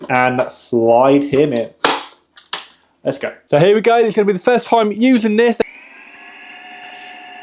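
Someone talks while sliding the plastic center piece of a Dyson V15s Detect Submarine wet roller head into the floor head. It seats with a sharp snap at 2.5 s, and the talking continues. From about 5.6 s a steady tonal hum runs to the end.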